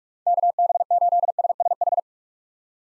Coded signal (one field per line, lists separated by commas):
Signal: Morse code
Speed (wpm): 46 wpm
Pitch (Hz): 700 Hz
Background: none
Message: KB8SSH